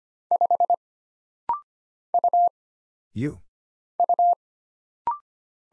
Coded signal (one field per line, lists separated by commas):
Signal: Morse code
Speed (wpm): 25 wpm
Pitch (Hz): 700 Hz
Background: none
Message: 5 U U